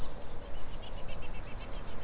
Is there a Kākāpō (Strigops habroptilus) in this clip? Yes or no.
no